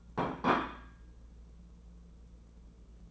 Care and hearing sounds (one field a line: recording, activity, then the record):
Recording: daily activity, microphone in the room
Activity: place plate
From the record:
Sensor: 1